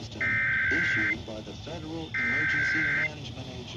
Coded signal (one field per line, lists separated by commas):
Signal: Emergency Alert System (SAME) tones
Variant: header bursts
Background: speech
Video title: Channel First! 2023 National Perodic Test on WSFX-FM & WGCU-HD2 (EAS#7-8)